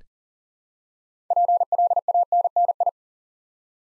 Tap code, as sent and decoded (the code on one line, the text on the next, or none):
none